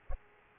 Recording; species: mosquito wingbeat signal from an infrared sensor; Aedes aegypti